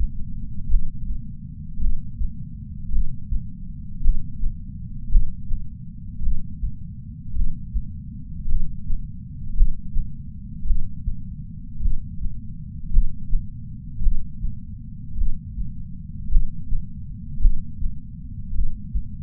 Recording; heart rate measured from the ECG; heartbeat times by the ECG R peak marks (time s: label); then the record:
heart sounds by patch sensor on the chest; 54 bpm
0.68 s: heartbeat
1.78 s: heartbeat
2.90 s: heartbeat
4.01 s: heartbeat
5.09 s: heartbeat
6.20 s: heartbeat
7.32 s: heartbeat
8.46 s: heartbeat
9.54 s: heartbeat
10.64 s: heartbeat
11.79 s: heartbeat
12.90 s: heartbeat
14.00 s: heartbeat
15.14 s: heartbeat
16.29 s: heartbeat
17.39 s: heartbeat
18.52 s: heartbeat
From the record:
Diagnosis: coronary artery disease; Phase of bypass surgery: postoperative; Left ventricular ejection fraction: 51.3%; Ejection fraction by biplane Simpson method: 50.8%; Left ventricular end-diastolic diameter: 53 mm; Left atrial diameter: 44 mm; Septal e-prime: 5.6 cm/s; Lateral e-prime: 9.8 cm/s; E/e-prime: 14.5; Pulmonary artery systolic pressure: 20 mmHg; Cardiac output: 6.3 L/min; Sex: male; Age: 70 years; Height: 165 cm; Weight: 70 kg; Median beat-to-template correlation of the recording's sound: 0.86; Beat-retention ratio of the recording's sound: 1.00